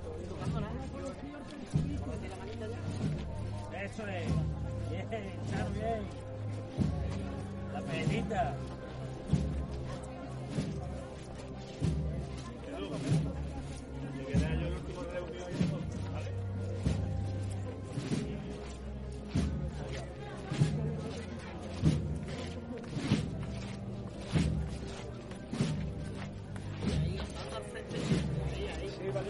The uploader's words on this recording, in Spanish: Sonidos del trasncurrir del paso de María Santísima de Salud y Esperanza por el barrio de San Benito en su regreso tras haber participado del Vía Lucis Mariano.